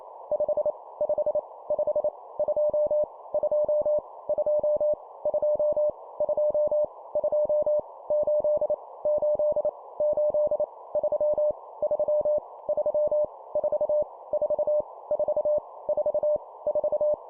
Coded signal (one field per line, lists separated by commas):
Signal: Morse code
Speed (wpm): 28 wpm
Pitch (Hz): 600 Hz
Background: none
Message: 5 5 5 2 2 2 2 2 2 8 8 8 3 3 3 4 4 4 4 4